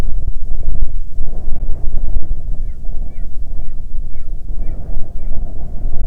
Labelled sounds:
bird
wind
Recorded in the Arctic National Wildlife Refuge, Alaska, on 9 July 2019 at 21:42
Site 48

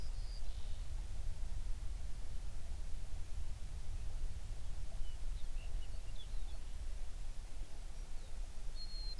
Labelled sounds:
songbird
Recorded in the Prudhoe Bay oil fields, Alaska, on 11 June 2019 at 05:17
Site 21

